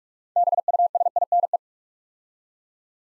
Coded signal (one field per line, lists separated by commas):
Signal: Morse code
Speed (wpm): 44 wpm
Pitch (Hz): 700 Hz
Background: none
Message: BUSINE